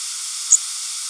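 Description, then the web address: Blackburnian warbler giving a single very high, thin, brief call note against a steady hiss. "warblers blbw"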